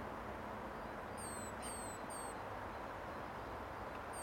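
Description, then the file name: Great tit uttering three thin, high, falling whistled notes in quick succession, then a lone note at the end, over a constant roaring noise. "Parus major"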